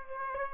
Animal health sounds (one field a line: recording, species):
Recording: mosquito wingbeat signal from an infrared sensor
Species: Aedes aegypti